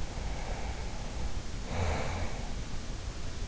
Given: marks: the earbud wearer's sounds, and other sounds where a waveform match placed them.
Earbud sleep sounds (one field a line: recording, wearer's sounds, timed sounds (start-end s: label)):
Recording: sounds in sleep by an in-ear microphone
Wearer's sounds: breath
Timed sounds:
0.08-3.01 s: breath